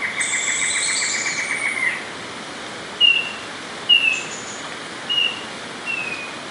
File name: squirrel monkeys squeaks